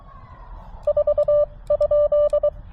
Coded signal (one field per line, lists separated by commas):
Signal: Morse code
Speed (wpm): 22 wpm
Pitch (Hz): 590 Hz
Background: none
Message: 4?